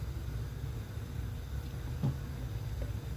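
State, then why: Not seated. A heater hose quick-connect fitting with its O-ring is worked onto the heater pipe of a 2001 Silverado and lined up before being pushed home. A steady low rumble runs throughout, with a brief soft knock near 2.0 s. Nothing has seated or clicked yet.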